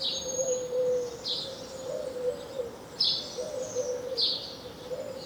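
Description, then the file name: House sparrow chirps, short bright notes repeated every one to two seconds, over a steady low hooting or cooing tone throughout. "Passer domesticus"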